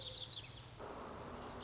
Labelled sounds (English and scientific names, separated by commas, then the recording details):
Lazuli Bunting (Passerina amoena)
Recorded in Sonoma County, California